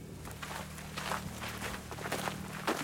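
Steady footsteps crunch and rustle through dry heath vegetation in a soft, regular walking rhythm as people walk across the heath to a sheet where a large moth sits, with a low continuous hum underneath and no talking.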